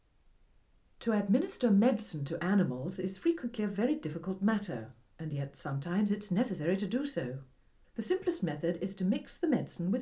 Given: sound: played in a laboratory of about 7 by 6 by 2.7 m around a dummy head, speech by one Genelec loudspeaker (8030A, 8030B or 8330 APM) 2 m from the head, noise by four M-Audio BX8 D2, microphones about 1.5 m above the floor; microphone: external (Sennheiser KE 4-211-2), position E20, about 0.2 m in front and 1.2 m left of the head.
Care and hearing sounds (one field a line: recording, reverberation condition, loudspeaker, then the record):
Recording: female speech in English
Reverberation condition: low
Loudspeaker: 120 degrees to the left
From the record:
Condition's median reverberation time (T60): about 310 ms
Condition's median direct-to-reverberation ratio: about 3.5 dB